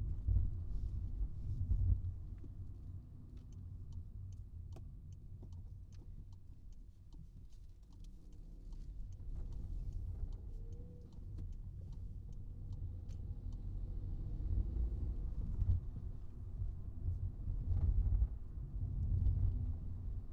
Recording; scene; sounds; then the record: everyday scene through a hearing-aid microphone; in a vehicle; engine, highway traffic jam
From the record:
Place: Skoda Fabia, gasoline engine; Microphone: in the ear canal, right